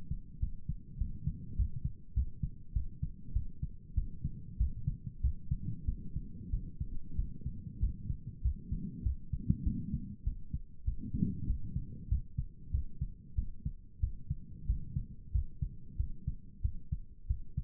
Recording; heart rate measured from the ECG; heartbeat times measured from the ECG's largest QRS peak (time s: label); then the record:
heart sounds by stethoscope; 96 bpm
0.39 s: heartbeat
0.97 s: heartbeat
1.55 s: heartbeat
2.13 s: heartbeat
2.72 s: heartbeat
3.32 s: heartbeat
3.94 s: heartbeat
4.57 s: heartbeat
5.20 s: heartbeat
5.85 s: heartbeat
6.49 s: heartbeat
7.15 s: heartbeat
7.79 s: heartbeat
8.41 s: heartbeat
9.02 s: heartbeat
9.63 s: heartbeat
10.23 s: heartbeat
10.84 s: heartbeat
11.46 s: heartbeat
12.08 s: heartbeat
12.71 s: heartbeat
13.34 s: heartbeat
13.99 s: heartbeat
14.65 s: heartbeat
15.31 s: heartbeat
15.96 s: heartbeat
16.61 s: heartbeat
17.26 s: heartbeat
From the record:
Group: healthy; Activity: rest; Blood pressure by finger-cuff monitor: 112/67 mmHg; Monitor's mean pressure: 79 mmHg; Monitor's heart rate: 97 bpm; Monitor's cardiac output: 8.4 L/min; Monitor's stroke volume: 86 mL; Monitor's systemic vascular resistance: 690 dyn s/cm5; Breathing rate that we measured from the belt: 18 breaths a minute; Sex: male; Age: 19 years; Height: 178 cm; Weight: 83 kg